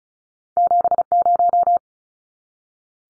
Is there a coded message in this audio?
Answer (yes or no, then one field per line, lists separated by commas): yes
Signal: Morse code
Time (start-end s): 0.6-1.8 s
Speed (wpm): 34 wpm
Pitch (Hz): 700 Hz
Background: none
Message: 70